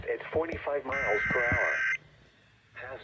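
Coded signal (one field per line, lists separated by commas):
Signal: Emergency Alert System (SAME) tones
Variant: header bursts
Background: speech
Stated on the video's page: Tornado Warning alert tones received from a weather radio station and an FM broadcast station.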